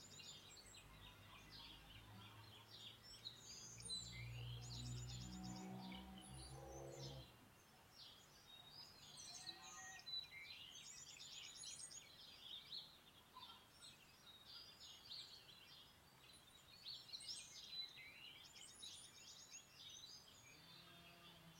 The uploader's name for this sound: Birds and Rain, sounds of Nature.